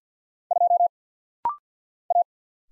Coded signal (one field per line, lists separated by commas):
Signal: Morse code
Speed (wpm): 50 wpm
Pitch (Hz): 700 Hz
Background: none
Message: 2 A